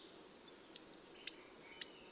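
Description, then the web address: Bird calls, thin high whistled notes held almost steadily, broken by quick sharp clicks roughly every half second, against a soft low background hum. "cianscape. Deverinetal 2025. Bird Only"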